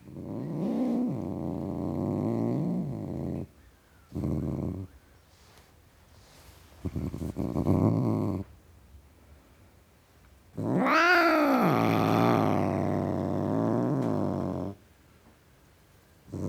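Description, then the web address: Domestic cat growling with a wavering, undulating pitch over several bouts, then letting out a loud, arching yowl that fades into a sustained grumble. Male (tom) domestic cat, growling. "BBC Sound Effects Library - Cats Tom Cat Growling"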